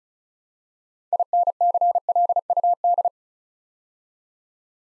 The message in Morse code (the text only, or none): INCLUD